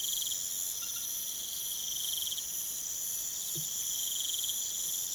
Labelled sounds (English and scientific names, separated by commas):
none